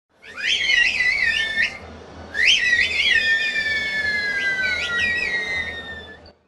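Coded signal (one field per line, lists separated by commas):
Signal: whistled language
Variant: Turkish kuş dili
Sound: two loud gliding whistled phrases rising and falling, second one long and sustained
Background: outdoor background noise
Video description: Giresun’un Çanakçı ilçesine bağlı Kuşköy’de halk arasında ‘Kuşdili’ olarak adlandırılan ’Islık dili’nin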